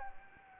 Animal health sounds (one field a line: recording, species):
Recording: mosquito wingbeat signal from an infrared sensor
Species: Anopheles gambiae